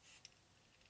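A small plastic knob is handled at the shaft of a 10K potentiometer, ready to be pushed on until it clips in place. Over a faint steady hiss there is one brief, sharp tick at 0.3 s and a few soft, light handling noises. Nothing has seated or clicked into place yet.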